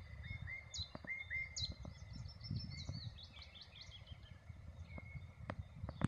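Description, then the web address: Common nightingale song: short whistled notes followed by a jumble of quick high chips and slurs, over low background rumble. "rossignol ordinaire chant du rossignol"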